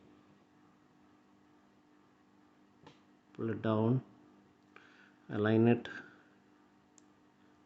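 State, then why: Seated. A replacement Amazon Basics strap's spring-loaded pin is lined up with the lug hole on a Noise ColorFit Pulse smartwatch body and pushed in. Between short bursts of someone talking, faint ticks occur, and the strap's spring bar seats with a short, sharp click at 7.0 s.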